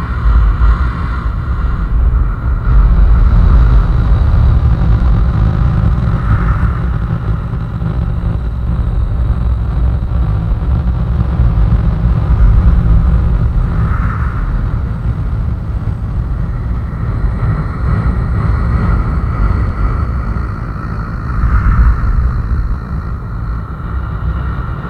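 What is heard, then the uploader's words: Breathing run through a de-pitcher, turned into a deep, continuous rumble like an idling engine. The low roar stays dense and steady throughout, and slow swells with a brighter, hollow tone rise about every seven seconds, near 6, 14 and 21 seconds. Breathing into a de-pitcher.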